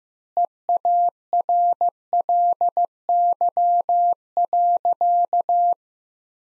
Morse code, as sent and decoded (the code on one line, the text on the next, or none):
. .- .-. .-.. -.-- .-.-.-
EARLY.